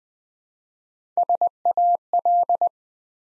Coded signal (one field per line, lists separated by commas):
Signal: Morse code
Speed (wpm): 20 wpm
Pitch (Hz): 700 Hz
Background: none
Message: SAL